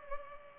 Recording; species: mosquito wingbeat signal from an infrared sensor; Culex pipiens